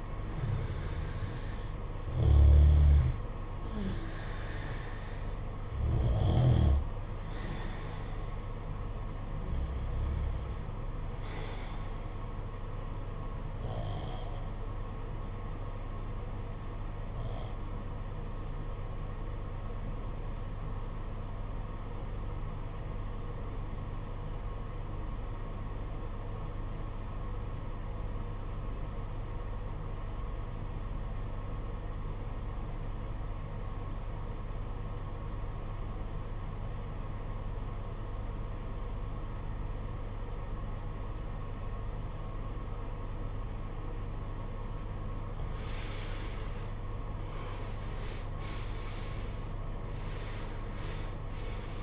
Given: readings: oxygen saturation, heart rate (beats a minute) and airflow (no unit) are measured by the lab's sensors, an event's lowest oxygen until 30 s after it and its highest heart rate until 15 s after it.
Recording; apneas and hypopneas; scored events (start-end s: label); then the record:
breathing in sleep by a smartphone at the bedside; 1
14.00-46.30 s: obstructive apnea (REM, oxygen 95% highest, then 75% lowest, heart rate 56 at the start, 77 highest)
From the record:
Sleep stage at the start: REM sleep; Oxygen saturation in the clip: 74 to 95%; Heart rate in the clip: 51 to 83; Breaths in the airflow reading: 5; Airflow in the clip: -14.6 to 14.2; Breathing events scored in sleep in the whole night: 476 in 9.7 hours asleep